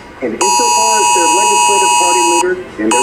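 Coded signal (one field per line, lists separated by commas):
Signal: Emergency Alert System (SAME) tones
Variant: 853 and 960 Hz attention tone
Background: speech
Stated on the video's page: Real National Periodic Test on EAS and WEA.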